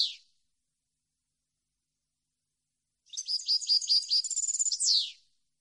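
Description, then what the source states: European goldfinch song: a brief note, a long silence, then a rapid liquid twittering phrase that closes with a falling buzzy slur. Clean goldfinch song for copying, used to train birds to sing.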